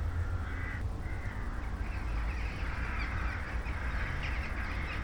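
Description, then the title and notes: Crows cawing in a group, a longer harsh call near the start followed by scattered fainter caws, over steady low background rumble. Flock of crows in the evening sky, late evening at night, St. Peter-Ording, Germany. "St. Peter-Ording, 25826 Sankt Peter-Ording, Germany - crows at night kraehen am spaeten abend. ein kraehenschwarm am abendhimmel. a swarm of crows at night sky"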